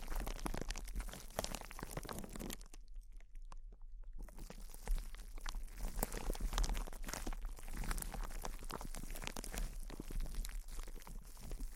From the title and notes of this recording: ASMR Intense Close-Up Crinkles (No Talking).